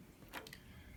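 A plastic body mount with top and bottom washers is pressed into a tightly drilled hole in the clear polycarbonate body shell of a Losi 5ive-T 2.0 RC car. After a brief rustle of handling, two quick sharp clicks are heard, both at about 0.5 s, as the mount snaps into place and seats nice and tight.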